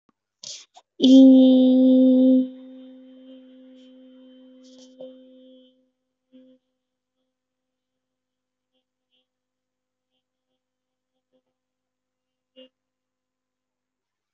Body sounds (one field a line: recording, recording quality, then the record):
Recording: sustained vowel as in beet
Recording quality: excellent, no background noise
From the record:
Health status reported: recovered from COVID-19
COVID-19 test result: positive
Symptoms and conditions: cough, cold, fever, fatigue, muscle pain, loss of smell and taste, diarrhoea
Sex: female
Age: 23 years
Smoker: not ticked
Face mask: not worn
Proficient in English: yes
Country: India